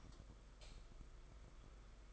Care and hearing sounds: daily activity, microphone in the room; light off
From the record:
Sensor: 5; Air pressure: 991.1 hPa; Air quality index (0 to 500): 109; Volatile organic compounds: 25 ppm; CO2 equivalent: 2830 ppm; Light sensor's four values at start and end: 19/48/19/21 and 18/43/17/19

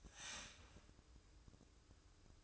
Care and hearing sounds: daily activity, microphone in the room; start toaster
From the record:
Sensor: 2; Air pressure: 1007.1 hPa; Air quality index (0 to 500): 38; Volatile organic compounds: 1 ppm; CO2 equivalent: 537 ppm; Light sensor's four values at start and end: 6/13/5/5 and 6/13/5/5

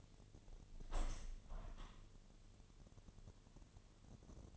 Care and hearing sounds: daily activity, microphone in the room; open window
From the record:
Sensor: 4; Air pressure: 1007.1 hPa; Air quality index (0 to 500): 182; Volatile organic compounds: 5 ppm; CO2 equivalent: 1813 ppm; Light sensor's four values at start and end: 23/73/28/27 and 23/73/28/27

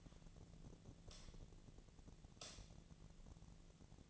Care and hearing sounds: daily activity, microphone in the room; light on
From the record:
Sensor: 4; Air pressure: 1010.7 hPa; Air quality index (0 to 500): 170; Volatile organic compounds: 5 ppm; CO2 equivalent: 1732 ppm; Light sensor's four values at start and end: 37/108/43/44 and 38/109/43/44

